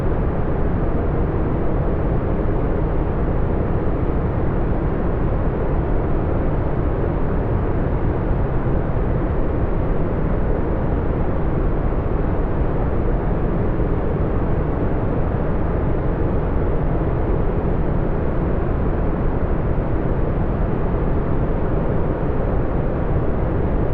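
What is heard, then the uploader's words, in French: Deep, soothing brown noise runs without change for the whole clip, a dense, steady rumble weighted heavily toward the low end. The top is dull and rolled off, with nothing bright above it. No separate events break the flat, even level. Tons profonds et apaisants du bruit brun.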